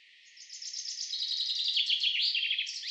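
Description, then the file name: Common chaffinch song: a bright, rapid trill of sweet notes that descends in steps, ending in a sharp downward flourish; faint hiss behind. "Fringilla coelebs"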